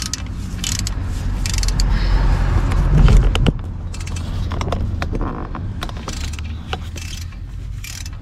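A torque wrench set to 14 Nm tightens a new oil drain plug into the engine oil sump of an Opel Astra H 1.8, with a run of ratcheting clicks that grows louder. The wrench breaks over with a sharp click at 3.4 s, showing the plug has reached its 14 Nm setting, and quieter handling noise follows.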